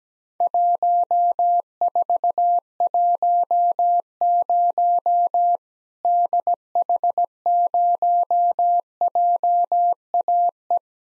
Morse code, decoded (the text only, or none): 1410 DH0JAE